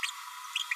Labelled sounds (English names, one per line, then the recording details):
Green-rumped Parrotlet babbling
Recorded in a nest box in Venezuela
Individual 18B25A5